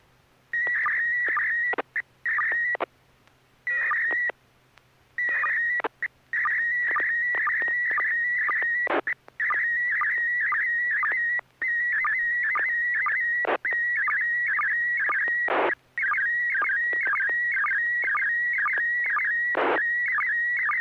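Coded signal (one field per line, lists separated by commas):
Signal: SSTV (slow-scan television)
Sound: wavering high whistle near 1.9 kHz with quick downward chirps, repeatedly cut by dropouts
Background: FM static bursts, low hum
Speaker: Let's go on to Neil. KL7HQR, it's your turn for a picture, please.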